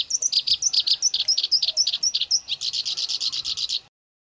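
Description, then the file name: Black-browed reed warbler song, a rapid run of sharp, high repeated notes with little whistled flicks, ending in a dense buzzy trill before stopping. Song used to train birds (masteran). "suara kerakbasi alis hitam masteran"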